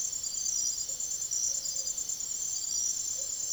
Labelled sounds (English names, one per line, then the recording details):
none
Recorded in secondary vegetation near Puerto Asís, Putumayo, Colombia, on 22 June 2025 at 03:00
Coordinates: 0.489, -76.322
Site G021